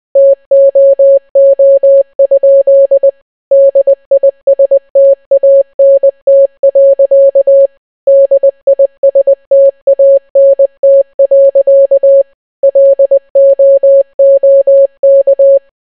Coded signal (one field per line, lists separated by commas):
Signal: Morse code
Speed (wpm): 20 wpm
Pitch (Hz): 550 Hz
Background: none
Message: TOO? DISTANT. DISTANT. LOOK